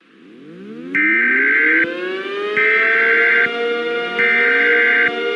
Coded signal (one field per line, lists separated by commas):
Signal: Emergency Alert System (SAME) tones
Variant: header bursts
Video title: EAS Scenario - Overdue Solar Strike